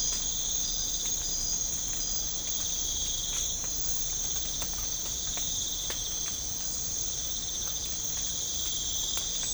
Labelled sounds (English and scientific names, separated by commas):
none